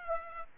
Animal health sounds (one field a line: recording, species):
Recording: mosquito wingbeat signal from an infrared sensor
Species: Aedes aegypti